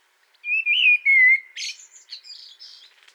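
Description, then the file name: Common blackbird delivering a loud mellow fluted phrase that dips and wavers, then trailing off in a series of thin, squeaky, buzzy twittering notes. "Turdus merula"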